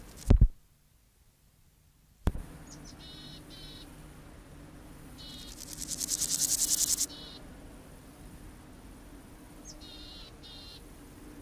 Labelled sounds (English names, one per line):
Meadow Grasshopper